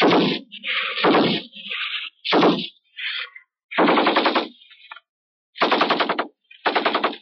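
Loud bursts of machine gun fire in rapid rattling volleys, separated by short pauses, with a few single sharp cracks between the longer bursts. No voices.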